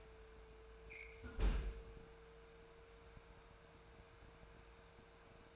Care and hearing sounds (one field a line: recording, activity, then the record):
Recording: daily activity, microphone in the room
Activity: close fridge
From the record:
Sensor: 2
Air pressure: 1014.8 hPa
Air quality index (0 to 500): 194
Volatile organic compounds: 17 ppm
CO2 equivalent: 2572 ppm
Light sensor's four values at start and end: 27/65/28/31 and 27/65/28/31